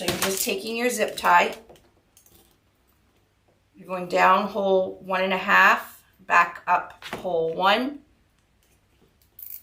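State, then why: Seated. A plastic zip tie is threaded down one hole and back up another of a wire wreath ring board, then pulled tight while someone talks. The ratchet clicks at 9.4 s and 9.5 s as the zip tie catches and seats closed.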